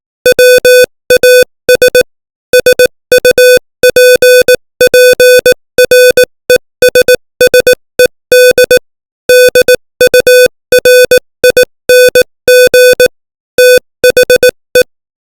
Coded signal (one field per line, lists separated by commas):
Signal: Morse code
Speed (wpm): 18 wpm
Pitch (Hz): 500 Hz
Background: music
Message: WAS SUPPRESSED DURING THE